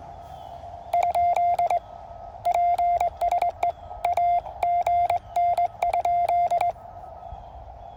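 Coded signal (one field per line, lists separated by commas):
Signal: Morse code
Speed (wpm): 22 wpm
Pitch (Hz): 700 Hz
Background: radio noise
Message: ? PSE AGN?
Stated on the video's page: QRP CW park activation on 20 and 40 m with QCX transceivers, a 30-foot vertical, and a paddle used as a cootie.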